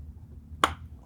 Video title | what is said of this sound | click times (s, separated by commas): DIY Coil Pack Replacement - Mini Copper R56/R56 (2007 - 2013) (random misfire) | you'll hear that snap in there | 0.6 s